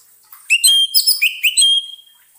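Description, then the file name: Orange-headed thrush giving a single short song phrase of clear, slurred whistles mixed with higher squeaky notes. Therapy sound for an orange-headed thrush (anis merah) that has stopped singing (macet bunyi). "terapi suara anis merah macet bunyi"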